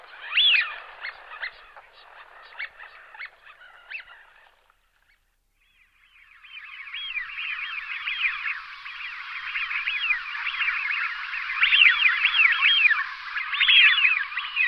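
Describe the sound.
Eurasian wigeon calls: a few short sharp notes, a brief pause, then a steady chorus of rising-and-falling whistles from several birds, growing louder.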